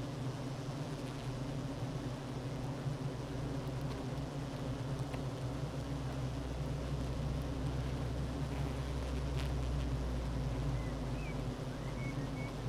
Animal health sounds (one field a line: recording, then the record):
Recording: honeybee colony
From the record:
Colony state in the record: active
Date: 12 June 2018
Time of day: 9:46